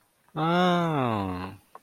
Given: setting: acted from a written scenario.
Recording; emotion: vocal sound without words; adoration